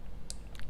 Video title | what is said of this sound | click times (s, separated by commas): 2013 14 15 16 17 18 2019 ILX Front Component Speaker Install - DIY Speaker Upgrade | so you'll hear a nice little click once it's in | 0.3 s